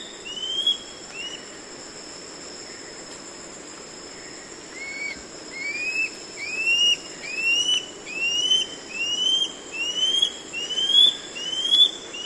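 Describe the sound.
Scale-backed antbird gives a series of short upslurred whistles, a couple early on, then after a pause of about four seconds one roughly every 0.8 seconds, growing louder and slightly higher, over a steady high drone.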